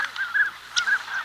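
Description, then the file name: Northern Pintail calls, a series of short nasal notes in quick succession. "1988-08-17 Northern Pintail"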